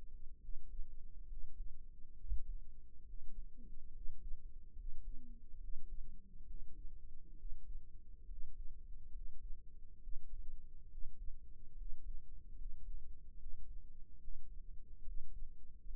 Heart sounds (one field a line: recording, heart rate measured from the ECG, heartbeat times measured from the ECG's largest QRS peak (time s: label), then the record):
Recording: heart sounds by microphone in the right ear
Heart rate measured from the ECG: 70 bpm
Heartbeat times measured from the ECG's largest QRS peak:
0.39 s: heartbeat
1.26 s: heartbeat
2.14 s: heartbeat
3.04 s: heartbeat
3.91 s: heartbeat
4.74 s: heartbeat
5.58 s: heartbeat
6.45 s: heartbeat
7.35 s: heartbeat
8.26 s: heartbeat
9.11 s: heartbeat
9.99 s: heartbeat
10.88 s: heartbeat
11.75 s: heartbeat
12.55 s: heartbeat
13.37 s: heartbeat
14.18 s: heartbeat
15.03 s: heartbeat
15.84 s: heartbeat
From the record:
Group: healthy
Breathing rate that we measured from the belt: 17 breaths a minute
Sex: male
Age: 22 years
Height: 181 cm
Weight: 79 kg